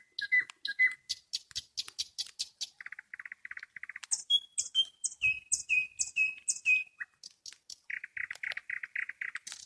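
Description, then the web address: Nightingale song of rapid dry clicks, a string of short chattering notes, a descending series of clear whistles, then a fast throaty rattle. "spiew slowika slowik wiejski"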